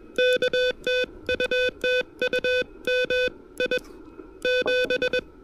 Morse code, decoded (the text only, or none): K TU TU M I 7